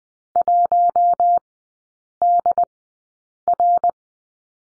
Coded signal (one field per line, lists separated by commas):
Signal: Morse code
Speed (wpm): 20 wpm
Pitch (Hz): 700 Hz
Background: none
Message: 1DR